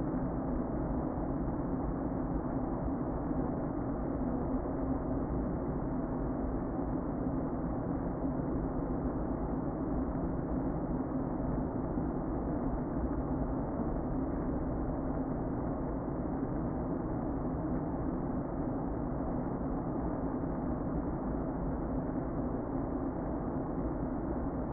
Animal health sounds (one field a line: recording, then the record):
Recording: honeybee colony, microphone inside the hive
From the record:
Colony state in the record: queen present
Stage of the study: before two queens were removed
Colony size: about 60,000 bees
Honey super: yes